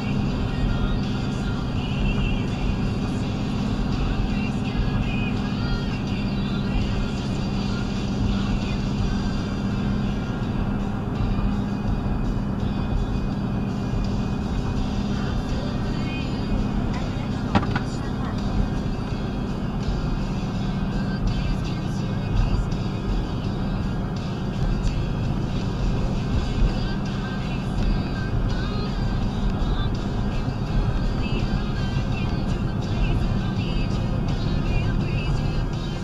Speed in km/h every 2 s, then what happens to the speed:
69, 69, 68, 66, 68, 69, 68, 68, 68, 66, 64, 64, 66, 66, 68, 64, 63, 61.
0-29 steady at about 68. 29-36 slows to 61.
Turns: none.